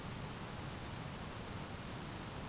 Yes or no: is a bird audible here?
no